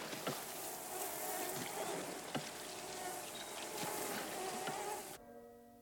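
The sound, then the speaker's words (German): Mosquitoes buzz in a dense, continuous whining drone with a few soft ticks mixed in, then it abruptly thins to a steadier, tonal hum at the end. “Qual der Mücken, die niemand schlafen lässt.”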